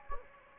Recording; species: mosquito wingbeat signal from an infrared sensor; Anopheles gambiae